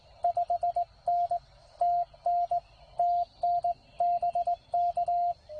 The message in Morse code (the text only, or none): 5N TN TN BK